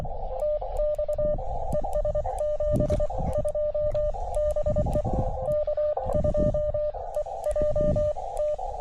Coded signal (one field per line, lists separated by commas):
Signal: Morse code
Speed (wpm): 23 wpm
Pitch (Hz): 590 Hz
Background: radio noise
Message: TX ES 72 BE K2EJT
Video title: HIDE: POTA/SOTA at Sugar Hill State Forest